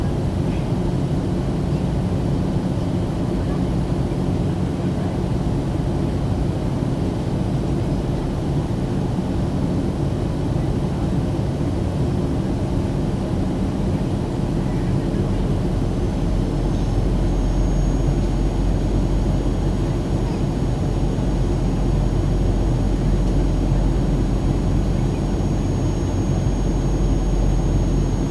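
Engines hum steadily throughout, a dense low drone with a rumbling bass that barely changes in level. From about seventeen seconds a thin high whine appears and holds to the end. Faint murmurs, possibly voices, sit under the drone.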